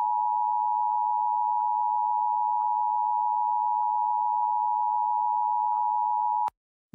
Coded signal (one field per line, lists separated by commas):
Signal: Emergency Alert System (SAME) tones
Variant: 853 and 960 Hz attention tone